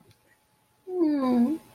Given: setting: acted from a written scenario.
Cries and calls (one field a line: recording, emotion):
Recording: vocal sound without words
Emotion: embarrassment